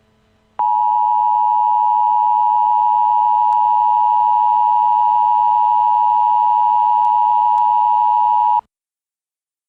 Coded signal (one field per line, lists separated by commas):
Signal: Emergency Alert System (SAME) tones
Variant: 853 and 960 Hz attention tone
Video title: EAS Scenario: The Best of Both Worlds